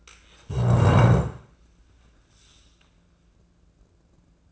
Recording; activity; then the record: daily activity, microphone in the room; stand up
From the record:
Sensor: 2